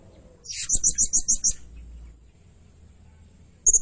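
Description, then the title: Blue-crowned hanging parrot giving a quick run of several high, sharp chirps, then silence before another shrill burst begins at the end. Lure recording used for training birds; described as energetic, frequently singing calls meant to provoke other birds. "Burung Serindit Nembak Gacor Bikin Emosi Semua Burung"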